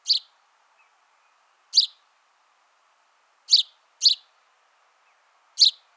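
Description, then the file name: House sparrow chirps, five short sharp notes at uneven intervals, two of them close together, over an otherwise quiet background. "Passer domesticus"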